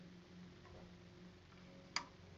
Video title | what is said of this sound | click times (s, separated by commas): Arkham Knight Batgirl 1/3 Scale Statue Review From Prime 1 Studio! | just pops right back in there | 2.0 s